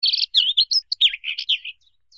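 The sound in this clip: Bird chirping in a quick burst of varied high notes, twittering phrases rising and falling, a short pause near the end, then one faint final chirp.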